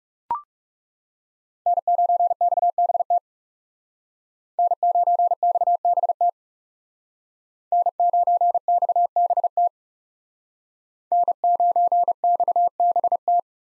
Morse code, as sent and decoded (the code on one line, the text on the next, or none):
-. ----. -..- -... - / -. ----. -..- -... - / -. ----. -..- -... - / -. ----. -..- -... -
N9XBT N9XBT N9XBT N9XBT